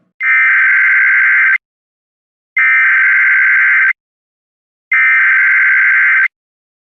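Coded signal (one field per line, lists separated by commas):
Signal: Emergency Alert System (SAME) tones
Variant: header bursts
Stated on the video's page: Simulated EAS scenario, fictional.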